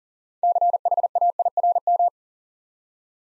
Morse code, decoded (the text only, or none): CHAIRM